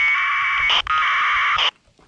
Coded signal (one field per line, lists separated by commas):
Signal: packet radio (AX.25, as in APRS)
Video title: Failed SOTA Activation at Lily Mountain with the FT3D and Baofeng Radios